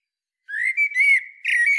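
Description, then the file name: Common blackbird giving a short, smooth fluted phrase of sustained whistled notes, slightly wavering, on a quiet background. "Turdus merula"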